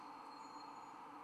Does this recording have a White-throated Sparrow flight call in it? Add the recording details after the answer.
no. No flight call is heard. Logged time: 03:23 on 1 December 2014